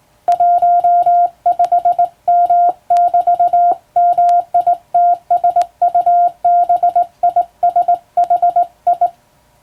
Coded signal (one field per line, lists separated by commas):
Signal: Morse code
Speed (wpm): 20 wpm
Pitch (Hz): 700 Hz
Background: none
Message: 15M<BT>MITSUBISHI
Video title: 電鍵を使ってモールス符号を打つ無線通信士という仕事が昭和にはありました。国家試験でモールスを打つ実技試験もありましたよ。懐かしいモールス信号を聴いてみませんか？morse code practice